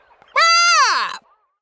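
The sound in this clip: Monkey call: a single loud, drawn-out harmonic cry, steady and then falling in pitch at its end, lasting under a second, in an otherwise quiet background.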